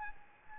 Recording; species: mosquito wingbeat signal from an infrared sensor; Aedes albopictus